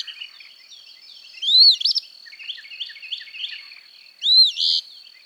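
Eastern phoebe song, two burry two-part phrases about three seconds apart, a high looping note then a buzzy one, over a steady high hum and faint chips.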